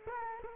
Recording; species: mosquito wingbeat signal from an infrared sensor; Culex quinquefasciatus